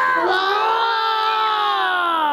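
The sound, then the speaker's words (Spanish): Several voices join in one long, loud roar imitating a lion, a sustained shout that holds steady for a couple of seconds with its pitch sliding slightly downward. “Y se pone a rugir muy fuerte.”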